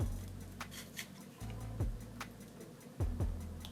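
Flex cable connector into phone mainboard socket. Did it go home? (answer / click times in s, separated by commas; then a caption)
no / none. During reassembly of a Realme 6S phone, a flex cable connector is handled over its mainboard socket, giving a few faint, short ticks against a steady low background hum. The connector has not yet been pressed home, so nothing has seated or clicked.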